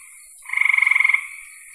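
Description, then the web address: Frog giving one loud pulsed call, a rapid rattling trill lasting under a second. "cn frogs"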